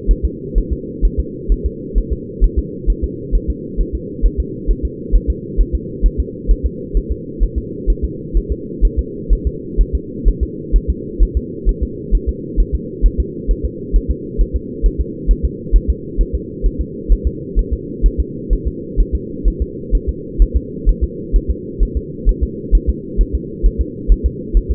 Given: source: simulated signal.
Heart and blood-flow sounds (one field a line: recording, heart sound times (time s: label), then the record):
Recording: fetal heart sounds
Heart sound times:
0.11 s: S1
0.25 s: S2
0.58 s: S1
0.73 s: S2
1.05 s: S1
1.20 s: S2
1.52 s: S1
1.66 s: S2
1.98 s: S1
2.13 s: S2
2.44 s: S1
2.59 s: S2
2.90 s: S1
3.04 s: S2
3.35 s: S1
3.50 s: S2
3.80 s: S1
3.95 s: S2
4.26 s: S1
4.40 s: S2
4.70 s: S1
4.85 s: S2
5.15 s: S1
5.30 s: S2
5.60 s: S1
5.75 s: S2
6.06 s: S1
6.20 s: S2
6.51 s: S1
6.66 s: S2
6.97 s: S1
7.11 s: S2
7.43 s: S1
7.58 s: S2
7.90 s: S1
8.05 s: S2
8.37 s: S1
8.52 s: S2
8.85 s: S1
8.99 s: S2
9.33 s: S1
9.47 s: S2
9.81 s: S1
9.95 s: S2
10.28 s: S1
10.43 s: S2
10.76 s: S1
10.90 s: S2
11.23 s: S1
11.37 s: S2
11.69 s: S1
11.83 s: S2
12.15 s: S1
12.29 s: S2
12.60 s: S1
12.75 s: S2
13.06 s: S1
13.20 s: S2
13.51 s: S1
13.65 s: S2
13.96 s: S1
14.11 s: S2
14.41 s: S1
14.56 s: S2
14.86 s: S1
15.00 s: S2
15.31 s: S1
15.45 s: S2
15.76 s: S1
15.90 s: S2
16.21 s: S1
16.35 s: S2
16.66 s: S1
16.81 s: S2
17.12 s: S1
17.27 s: S2
17.59 s: S1
17.73 s: S2
18.06 s: S1
18.20 s: S2
18.53 s: S1
18.67 s: S2
19.00 s: S1
19.15 s: S2
19.48 s: S1
19.62 s: S2
19.95 s: S1
20.09 s: S2
20.42 s: S1
20.56 s: S2
20.89 s: S1
21.04 s: S2
21.36 s: S1
21.50 s: S2
21.83 s: S1
21.97 s: S2
22.29 s: S1
22.43 s: S2
22.75 s: S1
22.89 s: S2
23.21 s: S1
23.35 s: S2
23.66 s: S1
23.81 s: S2
24.12 s: S1
24.26 s: S2
24.57 s: S1
24.71 s: S2
From the record:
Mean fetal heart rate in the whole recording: 130 bpm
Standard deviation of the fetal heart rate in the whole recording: 2 bpm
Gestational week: 36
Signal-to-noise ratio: -4.1 dB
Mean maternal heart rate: no maternal heart sound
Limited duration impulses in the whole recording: absent